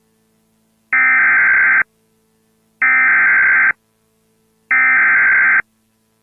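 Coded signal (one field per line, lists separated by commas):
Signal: Emergency Alert System (SAME) tones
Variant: header bursts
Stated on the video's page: Recreation of a Chicago severe thunderstorm warning alert with valid EAS tones.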